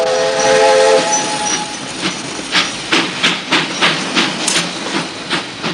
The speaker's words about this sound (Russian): Далеко вперед уходят железнодорожные пути. Стремительно под колеса несутся рельсы. Переключаются стрелки, состав переходит с одного пути на другой.